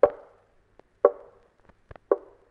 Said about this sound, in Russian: Кто стучит? Кто стучит? Я говорю, вот в моей голове. Кто опять стучит?